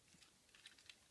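The plastic back section of a Transformers Generations Combiner Wars Voyager Hot Spot toy robot is being closed by hand so its side tabs will pop into their slots, forming the back of the fire engine. Soft, light plastic handling ticks come through, with small sharp taps around 0.6, 0.7 and 0.9 seconds. Nothing has seated or snapped in yet.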